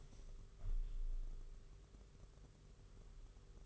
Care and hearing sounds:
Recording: daily activity, microphone in the room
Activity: open window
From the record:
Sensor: 4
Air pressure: 991.2 hPa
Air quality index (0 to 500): 153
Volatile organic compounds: 103 ppm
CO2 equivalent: 3776 ppm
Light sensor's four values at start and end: 6/14/5/6 and 6/14/5/6

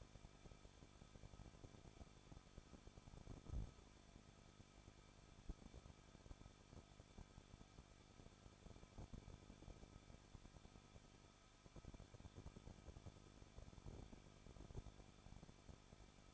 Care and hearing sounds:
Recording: daily activity, microphone in the room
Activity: no activity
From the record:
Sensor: 5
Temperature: 20.8 degrees Celsius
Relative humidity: 38.6%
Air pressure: 1006.5 hPa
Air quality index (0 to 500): 192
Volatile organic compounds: 21 ppm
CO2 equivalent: 2716 ppm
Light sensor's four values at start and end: 2/3/1/1 and 2/3/1/1

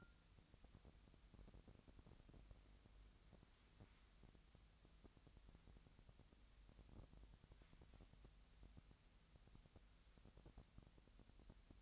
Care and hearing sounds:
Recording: daily activity, microphone in the room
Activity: wipe stove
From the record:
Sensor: 3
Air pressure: 1003.2 hPa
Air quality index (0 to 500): 197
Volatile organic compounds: 6 ppm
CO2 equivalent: 1922 ppm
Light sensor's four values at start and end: 11/25/10/11 and 11/25/11/11

